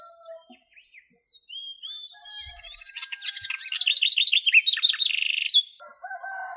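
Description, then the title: Bird song, soft sliding whistles leading into a loud, fast series of sharp chirps and a buzzy trill, followed by quieter whistled notes. "LuckyPassaros CompletosSama"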